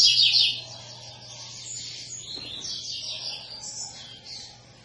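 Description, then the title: Double-collared seedeater song: a loud, high buzzy burst at the start, then softer twittering, warbled phrases continuing at lower volume. Tui-tui song type from a 'fibra' bird; teacher song used for training young birds. "COLEIRO TUI TUI FIBRA"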